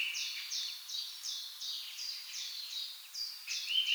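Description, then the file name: Eurasian nuthatch repeating sharp, high, downslurred notes about three times a second in a steady, insistent series, with a brief whistled note at the end. "Sitta europaea"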